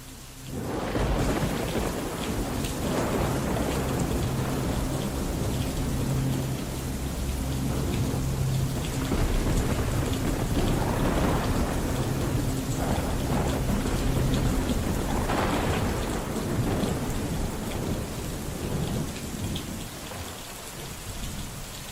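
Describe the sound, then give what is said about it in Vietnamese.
Heavy rain pours steadily and loudly, a dense hiss across the whole clip, while low thunder rumbles and rolls through it in long deep swells, with no voices. “Tiếng hét thê thảm chỉ thốt lên được trong vài giây, sau đó chỉ là tiếng mưa rào rào cùng với tiếng sấm chớp vang rền trên tầng không.”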